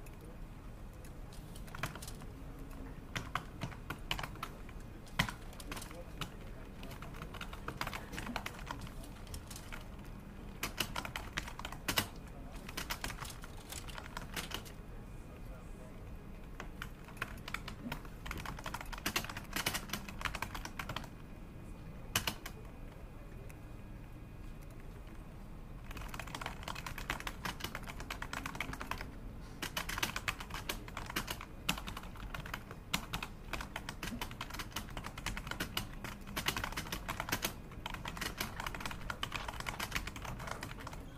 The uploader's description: The sound of conversations, Xerox machines, keyboard typing, and phones ringing